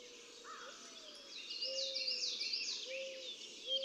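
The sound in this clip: Warbling vireo song, a quick high warble partly masked by steady background hiss, with low steady tones.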